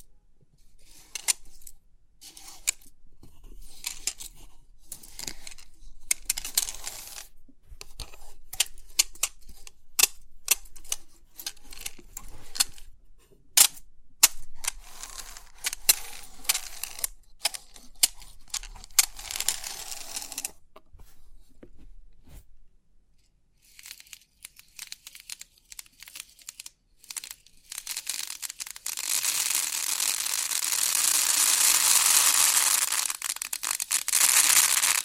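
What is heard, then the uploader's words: Crisp 3D pin art tingles: dense clicking taps and rattles for twenty seconds, a quiet pause, then a steady bright hissing scrape near the end. Crisp 3D Pin Art Tingles(No Talking).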